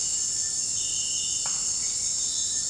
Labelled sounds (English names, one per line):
none